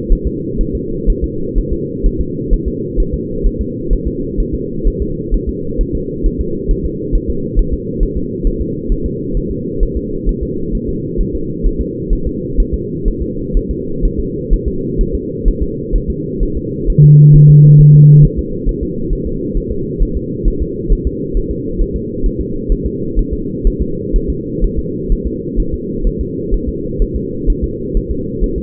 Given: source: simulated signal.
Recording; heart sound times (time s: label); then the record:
fetal heart sounds
0.12 s: S1
0.27 s: S2
0.61 s: S1
0.75 s: S2
1.10 s: S1
1.24 s: S2
1.58 s: S1
1.73 s: S2
2.06 s: S1
2.21 s: S2
2.53 s: S1
2.68 s: S2
3.00 s: S1
3.14 s: S2
3.47 s: S1
3.61 s: S2
3.93 s: S1
4.07 s: S2
4.40 s: S1
4.55 s: S2
4.87 s: S1
5.02 s: S2
5.34 s: S1
5.49 s: S2
5.81 s: S1
5.95 s: S2
6.26 s: S1
6.41 s: S2
6.71 s: S1
6.85 s: S2
7.15 s: S1
7.30 s: S2
7.59 s: S1
7.73 s: S2
8.03 s: S1
8.17 s: S2
8.47 s: S1
8.61 s: S2
8.92 s: S1
9.06 s: S2
9.37 s: S1
9.51 s: S2
9.83 s: S1
9.97 s: S2
10.29 s: S1
10.43 s: S2
10.75 s: S1
10.89 s: S2
11.21 s: S1
11.35 s: S2
11.66 s: S1
11.81 s: S2
12.13 s: S1
12.27 s: S2
12.60 s: S1
12.74 s: S2
13.08 s: S1
13.22 s: S2
13.57 s: S1
13.71 s: S2
14.05 s: S1
14.20 s: S2
14.53 s: S1
14.68 s: S2
15.01 s: S1
15.15 s: S2
15.48 s: S1
15.62 s: S2
15.95 s: S1
16.10 s: S2
16.43 s: S1
16.57 s: S2
16.90 s: S1
17.04 s: S2
17.36 s: S1
17.50 s: S2
17.81 s: S1
17.95 s: S2
18.25 s: S1
18.39 s: S2
18.69 s: S1
18.83 s: S2
19.13 s: S1
19.27 s: S2
19.57 s: S1
19.72 s: S2
20.02 s: S1
20.17 s: S2
20.48 s: S1
20.62 s: S2
20.92 s: S1
21.07 s: S2
21.37 s: S1
21.51 s: S2
21.81 s: S1
21.96 s: S2
22.26 s: S1
22.41 s: S2
22.72 s: S1
22.86 s: S2
23.19 s: S1
23.33 s: S2
23.67 s: S1
23.81 s: S2
24.16 s: S1
24.30 s: S2
24.64 s: S1
24.79 s: S2
25.12 s: S1
25.26 s: S2
25.60 s: S1
25.74 s: S2
26.07 s: S1
26.21 s: S2
26.54 s: S1
26.69 s: S2
27.02 s: S1
27.16 s: S2
27.50 s: S1
27.64 s: S2
27.97 s: S1
28.11 s: S2
28.44 s: S1
28.58 s: S2
From the record:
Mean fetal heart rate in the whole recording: 130 bpm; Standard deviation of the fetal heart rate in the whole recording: 4 bpm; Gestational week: 38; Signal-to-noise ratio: -6.6 dB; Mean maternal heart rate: 72 bpm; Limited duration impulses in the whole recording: present